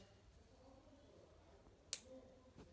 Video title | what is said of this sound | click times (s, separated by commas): DJI Mavic Mini Fly More Combo Unboxing and First Flight | probably hear that click there | 1.9 s